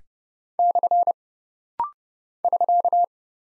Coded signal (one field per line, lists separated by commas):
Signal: Morse code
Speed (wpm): 30 wpm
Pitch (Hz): 700 Hz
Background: none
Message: / <SK>